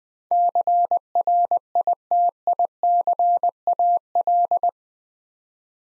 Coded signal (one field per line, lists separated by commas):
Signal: Morse code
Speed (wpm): 21 wpm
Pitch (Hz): 700 Hz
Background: none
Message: CRITICAL